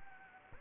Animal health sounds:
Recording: mosquito wingbeat signal from an infrared sensor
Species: Anopheles gambiae

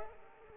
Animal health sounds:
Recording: mosquito wingbeat signal from an infrared sensor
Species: Culex pipiens

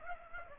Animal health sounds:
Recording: mosquito wingbeat signal from an infrared sensor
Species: Aedes aegypti

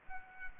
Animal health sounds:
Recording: mosquito wingbeat signal from an infrared sensor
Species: Aedes aegypti

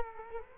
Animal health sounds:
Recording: mosquito wingbeat signal from an infrared sensor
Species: Culex quinquefasciatus

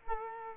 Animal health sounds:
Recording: mosquito wingbeat signal from an infrared sensor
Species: Culex quinquefasciatus

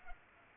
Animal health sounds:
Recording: mosquito wingbeat signal from an infrared sensor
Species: Culex pipiens

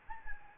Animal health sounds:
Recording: mosquito wingbeat signal from an infrared sensor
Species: Anopheles gambiae

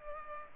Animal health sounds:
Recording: mosquito wingbeat signal from an infrared sensor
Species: Culex pipiens

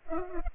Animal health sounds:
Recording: mosquito wingbeat signal from an infrared sensor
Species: Culex pipiens

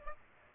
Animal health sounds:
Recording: mosquito wingbeat signal from an infrared sensor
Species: Aedes aegypti

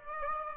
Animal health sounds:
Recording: mosquito wingbeat signal from an infrared sensor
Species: Aedes aegypti

